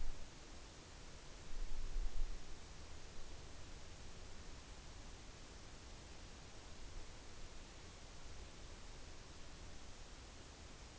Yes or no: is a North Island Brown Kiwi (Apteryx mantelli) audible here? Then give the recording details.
no. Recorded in New Zealand on 6 June 2014. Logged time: 02:19